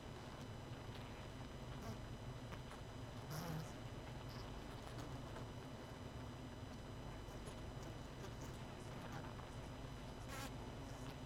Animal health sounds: honeybee colony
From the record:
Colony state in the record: missing queen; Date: 31 May 2018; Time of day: 19:20

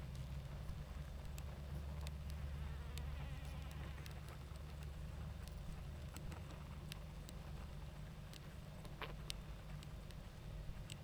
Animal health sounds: honeybee colony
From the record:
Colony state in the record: active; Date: 28 July 2017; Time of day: 20:40

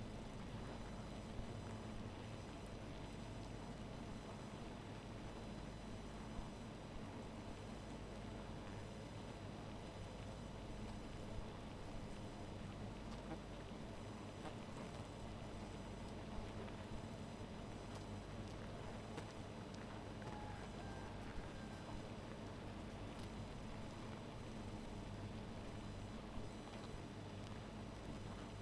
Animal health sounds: honeybee colony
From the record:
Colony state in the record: missing queen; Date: 14 July 2017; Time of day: 0:04

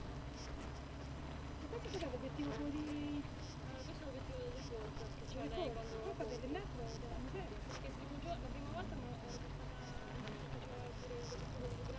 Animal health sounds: honeybee colony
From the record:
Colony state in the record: missing queen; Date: 14 July 2017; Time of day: 7:40

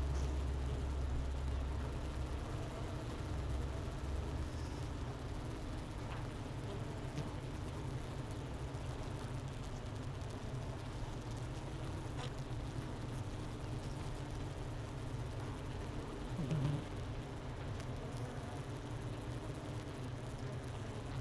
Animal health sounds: honeybee colony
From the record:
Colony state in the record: missing queen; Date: 31 May 2018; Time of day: 10:34

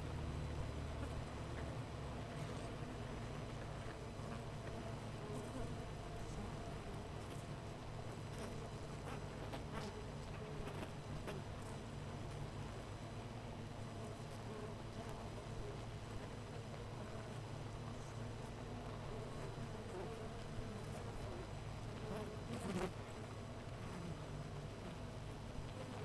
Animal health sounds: honeybee colony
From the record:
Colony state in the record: missing queen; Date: 14 July 2017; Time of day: 8:12

